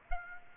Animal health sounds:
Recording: mosquito wingbeat signal from an infrared sensor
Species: Aedes aegypti

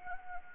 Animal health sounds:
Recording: mosquito wingbeat signal from an infrared sensor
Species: Anopheles gambiae

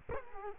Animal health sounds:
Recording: mosquito wingbeat signal from an infrared sensor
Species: Culex quinquefasciatus

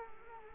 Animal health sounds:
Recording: mosquito wingbeat signal from an infrared sensor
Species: Culex quinquefasciatus

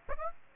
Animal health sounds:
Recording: mosquito wingbeat signal from an infrared sensor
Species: Aedes aegypti

